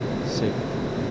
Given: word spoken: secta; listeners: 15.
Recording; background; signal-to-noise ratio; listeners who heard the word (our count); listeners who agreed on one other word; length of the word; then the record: one Spanish word in noise, from a listening test; speech-shaped noise; -6.5 dB; 1 of 15; 6 of 15; 0.71 s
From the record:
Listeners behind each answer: 6, 1, 1, 1, 1, 1, 1, 1, 1, 1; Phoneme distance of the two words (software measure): 27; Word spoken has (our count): 2 syllables, 5 phonemes, stress on syllable 1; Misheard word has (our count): 2 syllables, 4 phonemes, stress on syllable 1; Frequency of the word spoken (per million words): 7.41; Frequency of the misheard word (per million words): 30.47